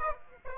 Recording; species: mosquito wingbeat signal from an infrared sensor; Aedes aegypti